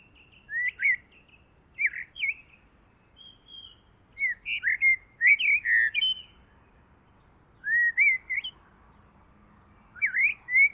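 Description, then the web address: Bird song: varied phrases of short, slurred whistles repeated in clusters, with quiet gaps between. "Deverinetal. Bird Only"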